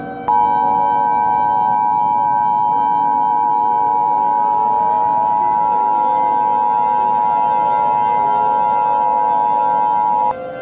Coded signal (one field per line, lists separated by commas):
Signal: Emergency Alert System (SAME) tones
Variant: 853 and 960 Hz attention tone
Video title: The Leprechaun Moon Virus (an EAS Scenario Special) 80 sub special